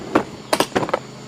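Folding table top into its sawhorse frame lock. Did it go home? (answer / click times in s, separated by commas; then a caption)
no / none. The folding table top of a Worx WX051 workbench/sawhorse is unfolded toward its sawhorse frame lock, giving a series of sharp knocks at about 0.2, 0.5, 0.6, 0.8 and 0.9 s as the parts move. The clip ends before the frame locks open; nothing has seated or clicked yet.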